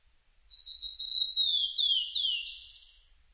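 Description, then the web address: Blue-and-white flycatcher giving one long whistled phrase that starts level, then steps down through slurred notes and ends on a brief higher buzzy flourish. Recorded 25 June 2006. "2006 060625 ooruri"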